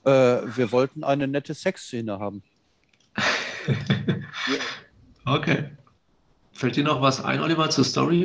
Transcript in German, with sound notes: -, wir wollten eine nette Sexszene haben.
[lacht] Okay. Fällt dir noch was ein Oliver, zur Story?